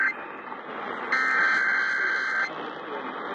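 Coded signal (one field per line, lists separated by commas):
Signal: Emergency Alert System (SAME) tones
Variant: header bursts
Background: speech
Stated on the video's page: Failed New York City monthly test.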